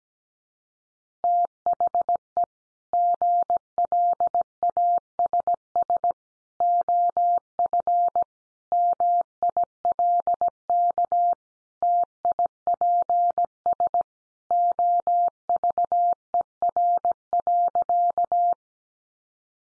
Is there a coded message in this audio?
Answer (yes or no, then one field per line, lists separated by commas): yes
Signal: Morse code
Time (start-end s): 1.2-18.5 s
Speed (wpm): 17 wpm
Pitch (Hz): 700 Hz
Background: none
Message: THE GLASS OF MILK TIPS OVER.